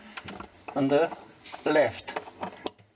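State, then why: Seated. A plastic fan part clip is pushed into place in a Samsung refrigerator's fan housing while someone talks. A few light taps come near the start, and a single sharp click at 2.7 s marks the clip seating.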